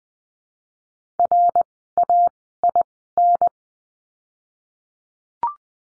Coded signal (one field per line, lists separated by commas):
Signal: Morse code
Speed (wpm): 20 wpm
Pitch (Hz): 700 Hz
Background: none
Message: RAIN